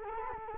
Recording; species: mosquito wingbeat signal from an infrared sensor; Culex quinquefasciatus